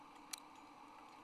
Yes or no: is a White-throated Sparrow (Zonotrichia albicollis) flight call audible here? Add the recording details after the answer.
no. No flight call is heard. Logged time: 10:01 on 26 November 2014